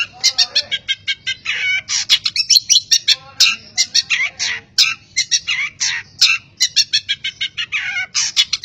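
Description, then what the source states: Long-tailed shrike song: a varied, rapid medley of scratchy notes, whistles and chatters delivered almost without pause. Song of a champion long-tailed shrike, a competition bird.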